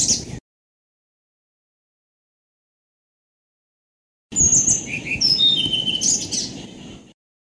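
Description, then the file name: Blue-throated flycatcher song: the end of a phrase, a long silence, then a sweet high phrase of clear whistled notes stepping downward over a steady low rumble. "kicau sikatan blue throated. omkicau"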